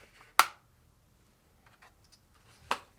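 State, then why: Seated. A plastic lint filter cover assembly, Samsung part DC97-16160A, is lowered over the flapper, aligned at the sides and pushed down onto the dryer cabinet. A sharp snap at 0.4 s marks its locking tabs seating in place, followed by faint ticks near 1.7 and 1.8 s and a second, softer snap at 2.7 s. The cover is seated.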